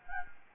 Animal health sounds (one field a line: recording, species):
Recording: mosquito wingbeat signal from an infrared sensor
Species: Anopheles gambiae